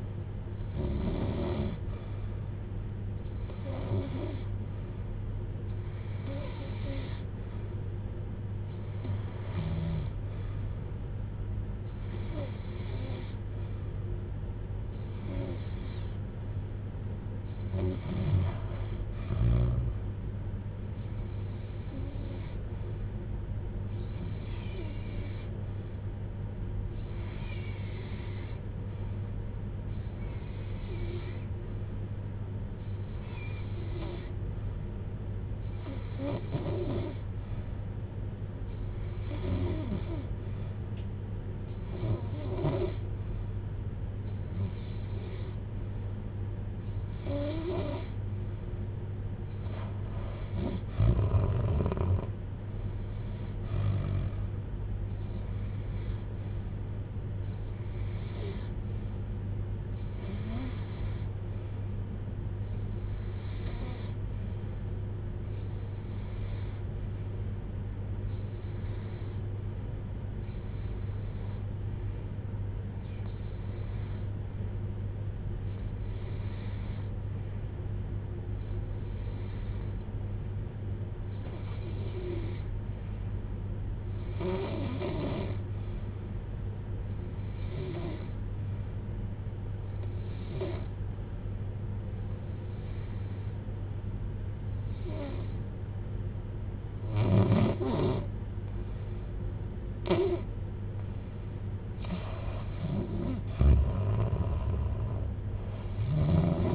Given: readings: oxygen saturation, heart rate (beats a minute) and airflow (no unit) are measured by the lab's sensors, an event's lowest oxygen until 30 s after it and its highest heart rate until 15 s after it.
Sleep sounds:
breathing in sleep by a smartphone at the bedside; 2
27.00-53.30 s: hypopnea (REM, oxygen 93% highest, then 88% lowest, heart rate 65 at the start, 69 highest)
58.00-100.10 s: hypopnea (REM, oxygen 91% highest, then 79% lowest, heart rate 65 at the start, 69 highest)
From the record:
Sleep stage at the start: REM sleep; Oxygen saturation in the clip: 81 to 93%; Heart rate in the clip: 54 to 73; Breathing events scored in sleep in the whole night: 310 in 8.1 hours asleep

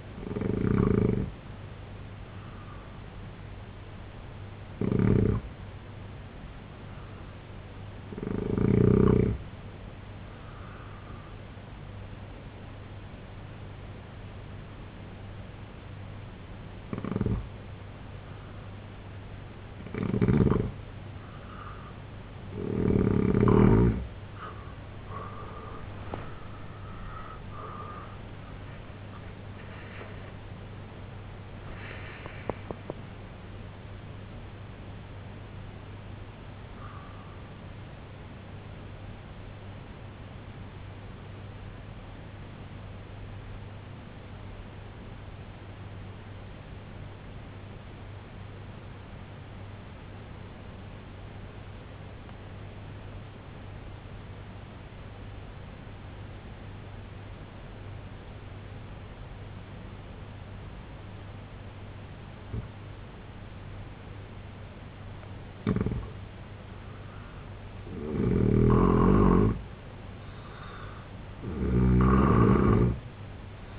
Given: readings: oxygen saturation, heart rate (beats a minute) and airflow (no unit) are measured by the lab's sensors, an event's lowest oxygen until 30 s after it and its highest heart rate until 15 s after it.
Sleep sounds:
breathing in sleep by a voice recorder at the bedside; 2
4.00-22.90 s: hypopnea (N1, oxygen 92% highest, then 86% lowest, heart rate 67 at the start, 96 highest)
5.00-73.79 s: new sleep stage, N2 (light sleep)
44.00-64.30 s: obstructive apnea (N2, oxygen 96% highest, then 84% lowest, heart rate 65 at the start, 81 highest)
From the record:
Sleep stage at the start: N1 (lightest sleep); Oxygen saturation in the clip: 86 to 96%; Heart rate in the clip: 61 to 96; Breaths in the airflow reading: 13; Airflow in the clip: -12.5 to 12.1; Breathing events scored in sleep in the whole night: 258 in 7.4 hours asleep

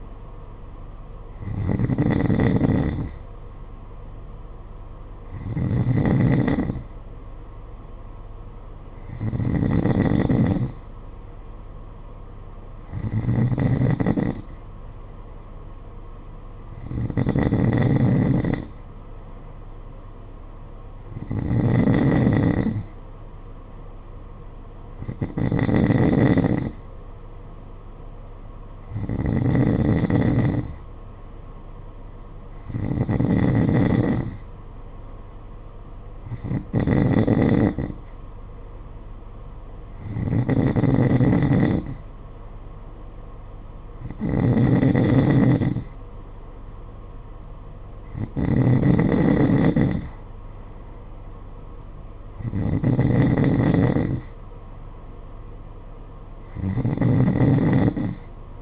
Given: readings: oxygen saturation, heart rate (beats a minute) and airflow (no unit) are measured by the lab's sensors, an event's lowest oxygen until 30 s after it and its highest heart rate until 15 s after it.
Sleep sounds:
breathing in sleep by a smartphone at the bedside; none
none scored
From the record:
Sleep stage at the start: N2 (light sleep); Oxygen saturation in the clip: 92%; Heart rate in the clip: 52 to 57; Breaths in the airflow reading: 15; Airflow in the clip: -7.2 to 6.2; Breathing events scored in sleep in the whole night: 476 in 9.7 hours asleep

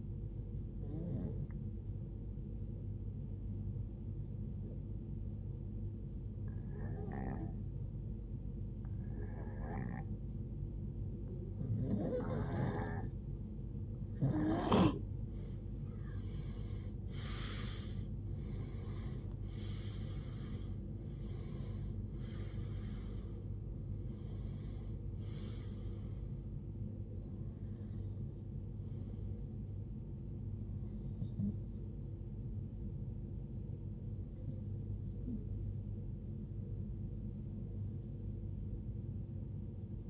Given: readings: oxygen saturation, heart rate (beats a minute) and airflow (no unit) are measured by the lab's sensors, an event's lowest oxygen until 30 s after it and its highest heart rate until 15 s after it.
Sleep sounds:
breathing in sleep by a smartphone at the bedside; 1
3.00-23.50 s: hypopnea (REM, oxygen 92% highest, then 89% lowest, heart rate 71 at the start, 87 highest)
From the record:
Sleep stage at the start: REM sleep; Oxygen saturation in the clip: 90 to 92%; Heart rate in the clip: 55 to 87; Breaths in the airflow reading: 11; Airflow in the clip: -17.7 to 15.7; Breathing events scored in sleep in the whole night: 389 in 6.3 hours asleep

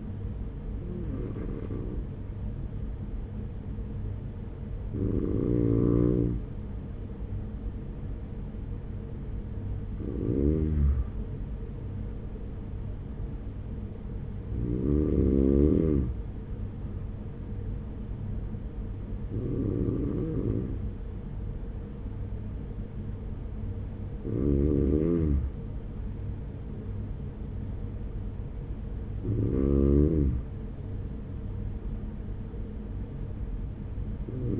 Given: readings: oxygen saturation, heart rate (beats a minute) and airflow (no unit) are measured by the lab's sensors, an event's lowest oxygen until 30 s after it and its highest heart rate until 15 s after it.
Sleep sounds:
breathing in sleep by a smartphone at the bedside; none
none scored
From the record:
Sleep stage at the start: N2 (light sleep); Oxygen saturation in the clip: 93 to 95%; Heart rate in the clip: 42 to 47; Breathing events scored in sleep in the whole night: 210 in 6.9 hours asleep

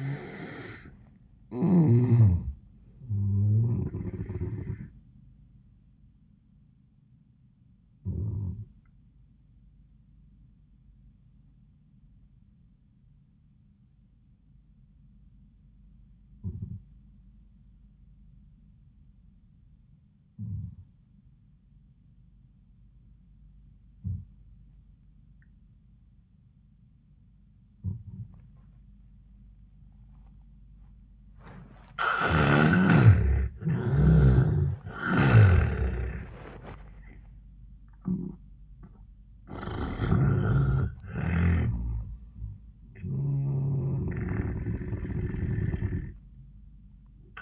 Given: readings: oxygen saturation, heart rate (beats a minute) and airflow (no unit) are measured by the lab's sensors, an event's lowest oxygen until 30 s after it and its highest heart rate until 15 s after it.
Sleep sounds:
breathing in sleep by a smartphone at the bedside; 1
7.00-33.60 s: hypopnea (N1, oxygen 96% highest, then 79% lowest)
10.00-40.00 s: new sleep stage, N2 (light sleep)
40.00-47.42 s: new sleep stage, N1 (lightest sleep)
From the record:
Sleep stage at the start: N1 (lightest sleep); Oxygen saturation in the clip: 77 to 96%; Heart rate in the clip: 78 to 97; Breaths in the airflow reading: 6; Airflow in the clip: -16.4 to 18.7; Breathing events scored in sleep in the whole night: 400 in 8.7 hours asleep

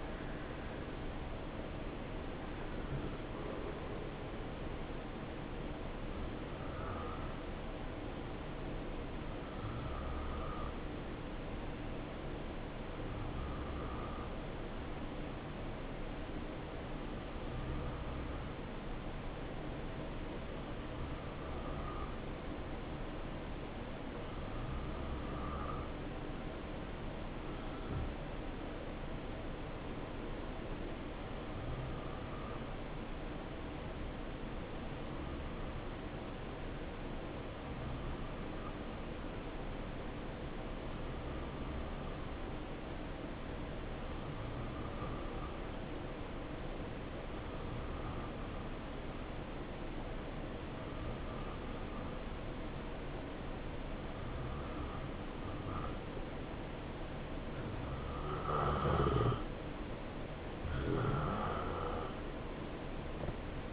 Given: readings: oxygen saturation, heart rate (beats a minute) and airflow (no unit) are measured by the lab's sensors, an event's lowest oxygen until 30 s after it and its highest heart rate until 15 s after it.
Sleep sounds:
breathing in sleep by a voice recorder at the bedside; 1
8.00-58.40 s: hypopnea (N2, oxygen 94% highest, then 87% lowest, heart rate 63 at the start, 71 highest)
From the record:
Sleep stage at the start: N2 (light sleep); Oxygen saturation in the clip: 87 to 94%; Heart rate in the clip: 62 to 73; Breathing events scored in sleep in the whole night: 277 in 7.4 hours asleep

